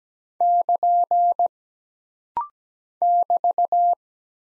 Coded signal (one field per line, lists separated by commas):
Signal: Morse code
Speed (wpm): 17 wpm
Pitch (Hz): 700 Hz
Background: none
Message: <KN> <BT>